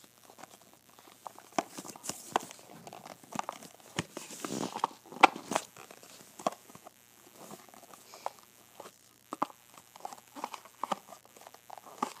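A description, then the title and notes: Someone rummages through a jewelry box, with frequent sharp clicks, taps and rattles of small hard pieces knocking together. The sounds come in irregular bursts throughout, busiest and loudest around four to six seconds, with a brief scraping rustle near the middle, all close-up in a quiet room. Opening and Closing my Box of Jewelry.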